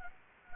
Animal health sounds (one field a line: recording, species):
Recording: mosquito wingbeat signal from an infrared sensor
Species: Anopheles gambiae